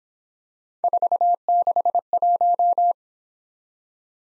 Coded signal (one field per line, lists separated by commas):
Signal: Morse code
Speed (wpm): 26 wpm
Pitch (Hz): 700 Hz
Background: none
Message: 461